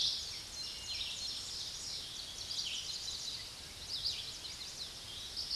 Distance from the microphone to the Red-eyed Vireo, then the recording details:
about 35 m. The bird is about 25 m above the microphone. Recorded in a Pennsylvania forest on 16 May 2024 at 06:11. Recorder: AudioMoth, point MSD-2164. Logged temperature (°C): 15.8 °C. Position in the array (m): 170 m, 71 m